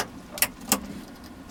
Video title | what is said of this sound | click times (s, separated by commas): [하드웨어Tube] 요즘 대세는 화이트죠 / 풀 화이트 컨셉 컴퓨터 셀프조립기 2편 | 양쪽에 작 착하고 부르는 소리가 납니다 이렇게 | 0.4 s, 0.7 s